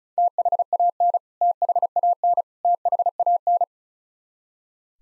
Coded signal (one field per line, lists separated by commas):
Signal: Morse code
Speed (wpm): 36 wpm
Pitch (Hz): 700 Hz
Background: none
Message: THAN THAN THAN